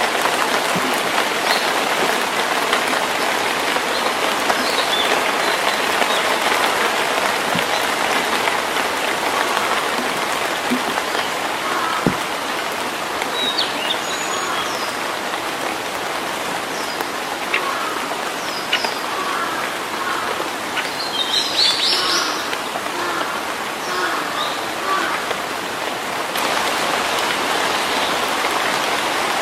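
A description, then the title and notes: Steady rain falls through a forest in early summer, a dense, even hiss of drops that holds without pause for the whole stretch. Brief brighter patters and drips stand out now and then, with faint high chirps around the twenty-second mark. Rainy days in the forest in early summer.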